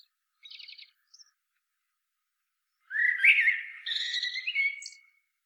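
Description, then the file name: Common blackbird: a short dry rattle and a faint squeak, then after a pause a full phrase of low fluting whistles rising into high, thin twittering. "Turdus merula"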